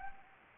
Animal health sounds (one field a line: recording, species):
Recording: mosquito wingbeat signal from an infrared sensor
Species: Anopheles gambiae